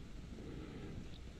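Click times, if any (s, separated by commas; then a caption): none. A sensor/lens module of a multi-sensor surveillance camera is wiggled into position by its connector in the camera housing, ready to be pushed in. Only a steady, low broadband rumble is heard for 1.4 seconds, with no distinct hits. Nothing has seated or clicked yet.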